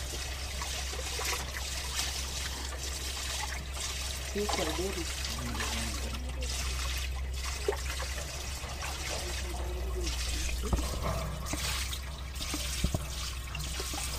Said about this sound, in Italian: Troppo belle, in acqua che giocano, fanno la lotta, fanno finta di fare la lotta, partono schizzi d'acqua, danno proprio una sensazione di felicità, di gioia.